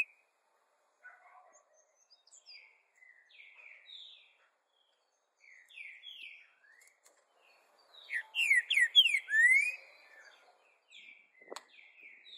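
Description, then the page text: Green-winged saltator song: soft scattered whistled notes, then a louder burst of rich, slurred, rising whistles near the end, followed by a sharp click. "cantodepassaros 2. Trinca Ferro Cantando!"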